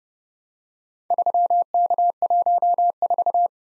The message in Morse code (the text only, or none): 3K14